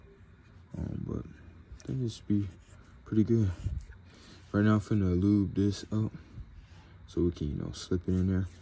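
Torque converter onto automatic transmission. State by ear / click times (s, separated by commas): not seated / none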